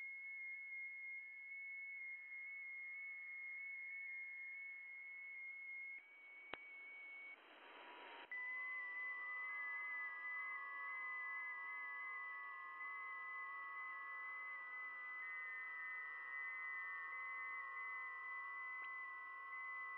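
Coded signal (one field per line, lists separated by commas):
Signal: FT8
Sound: several overlapping soft warbling tones stepping in pitch, pausing briefly, then resuming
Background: radio static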